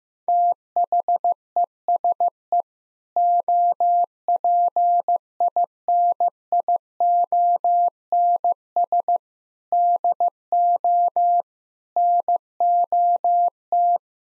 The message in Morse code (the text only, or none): THESE OPINIONS DO NOT